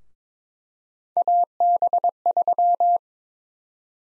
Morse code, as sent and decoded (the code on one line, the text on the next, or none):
.- -... ...--
AB3